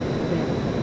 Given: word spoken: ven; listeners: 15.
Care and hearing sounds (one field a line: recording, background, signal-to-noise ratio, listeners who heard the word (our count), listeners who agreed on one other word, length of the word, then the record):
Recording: one Spanish word in noise, from a listening test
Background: speech-shaped noise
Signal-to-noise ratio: -4.9 dB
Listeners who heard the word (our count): 1 of 15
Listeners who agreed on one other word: 7 of 15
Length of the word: 0.43 s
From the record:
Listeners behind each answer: 7, 1, 1, 1, 1, 1, 1, 1, 1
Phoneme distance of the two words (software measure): 10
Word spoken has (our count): 1 syllable, 3 phonemes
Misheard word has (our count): 1 syllable, 3 phonemes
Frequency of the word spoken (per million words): 64.13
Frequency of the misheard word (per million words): 435.76